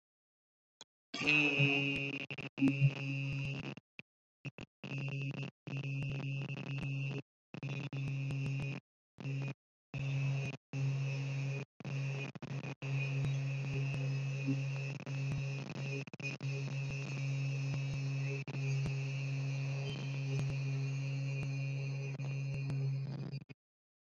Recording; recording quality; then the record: sustained vowel as in beet; moderate, slight background noise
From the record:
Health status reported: COVID-19 positive, mild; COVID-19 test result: positive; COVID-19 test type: RT-PCR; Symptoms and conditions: cold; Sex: male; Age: 27 years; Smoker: no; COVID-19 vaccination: both doses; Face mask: not worn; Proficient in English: yes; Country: India